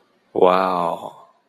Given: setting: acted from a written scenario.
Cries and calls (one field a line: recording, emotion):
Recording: vocal sound without words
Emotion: interest